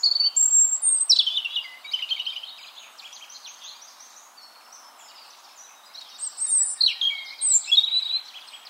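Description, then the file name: European robin song: thin, high, varied warbling phrases with sharp whistles, a long quiet pause midway, then another bright burst of trills near the end. "Erithacus rubecula"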